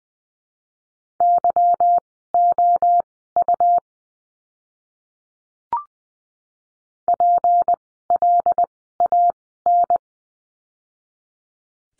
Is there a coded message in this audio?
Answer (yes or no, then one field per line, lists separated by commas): yes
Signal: Morse code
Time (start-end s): 1.2-10.0 s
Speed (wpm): 20 wpm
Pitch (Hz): 700 Hz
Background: none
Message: YOU PLAN